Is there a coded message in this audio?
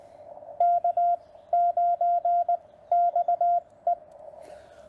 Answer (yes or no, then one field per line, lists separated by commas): yes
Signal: Morse code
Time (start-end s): 0.6-3.9 s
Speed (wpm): 19 wpm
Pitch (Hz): 700 Hz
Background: none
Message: K9XE